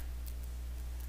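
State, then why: Not seated. A plastic cockpit piece holding a pilot figure is slid into the center section of a plastic model kit's inner frame. A steady low hum runs throughout, with a few faint, soft high ticks. The part is still being handled and has not seated or clicked into place yet.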